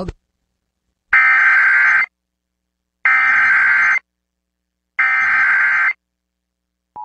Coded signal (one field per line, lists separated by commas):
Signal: Emergency Alert System (SAME) tones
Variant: header bursts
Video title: Tsunami Warnings - Sand Point, Alaska 7.5 Earthquake - 10/19/2020